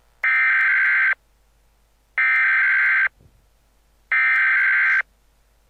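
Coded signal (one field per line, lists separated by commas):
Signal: Emergency Alert System (SAME) tones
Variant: header bursts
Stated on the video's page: Fan-made EAS scenario, not a real alert.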